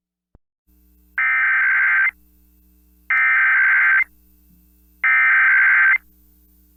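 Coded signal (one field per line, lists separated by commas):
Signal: Emergency Alert System (SAME) tones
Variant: header bursts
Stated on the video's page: Three South Dakota Required Monthly Tests relayed via KOLY, KBRK and KORN, shown with WeatherSTAR 4000.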